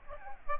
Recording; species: mosquito wingbeat signal from an infrared sensor; Aedes aegypti